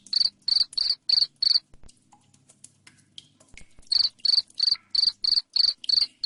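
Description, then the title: Cricket chirping, loud high rapid chirps about three per second, a pause of about two seconds, then a second steady run of chirps. Loud cricket chirping ('jangkrik ngerik keras'), played to make lovebirds keep calling 'ngekek'. "Suara JANGKRIK NGERIK Keras Bikin LOVEBIRD Jadi NGEKEK Terus Vubey"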